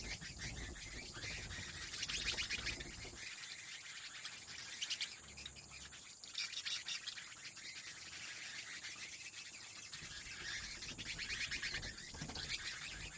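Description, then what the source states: Bats flapping their wings: dense flurries of papery fluttering beats swell and fade in waves, with a constant high whine running underneath. Bat wing flaps in a cave habitat.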